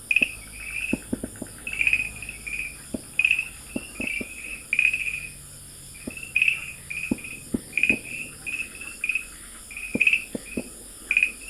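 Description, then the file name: Farmland green tree frog chirps in dense series, with frequent sharp clicking knocks mixed among the calls. Recorded at Dalin, 30 May 2009. "090530 dalin farmland treefrog"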